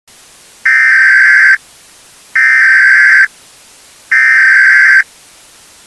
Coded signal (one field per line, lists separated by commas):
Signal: Emergency Alert System (SAME) tones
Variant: header bursts